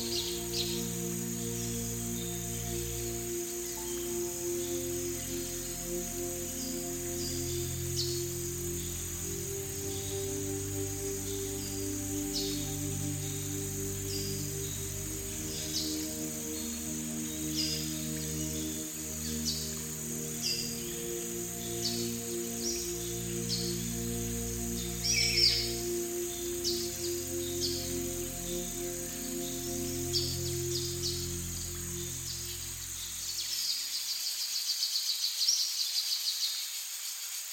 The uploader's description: harmonizing tropical forest sounds and relaxing melodies